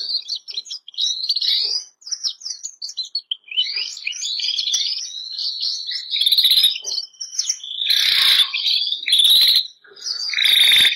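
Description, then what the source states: Canary (Bernois): canary warbling song, a stream of high twittering notes building into louder buzzy trills and bursts toward the end. Bernois canary breed.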